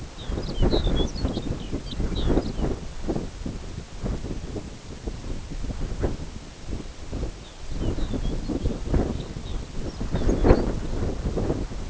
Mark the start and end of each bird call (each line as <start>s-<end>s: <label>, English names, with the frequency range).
0.09s-2.74s: Lapland Longspur (2.2-6.7 kHz)
7.30s-10.71s: Lapland Longspur (2.4-7.2 kHz)